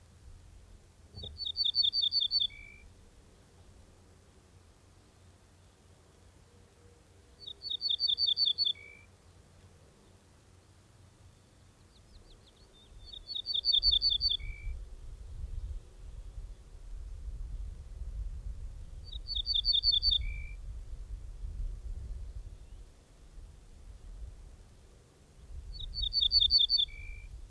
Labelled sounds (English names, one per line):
Ortolan Bunting song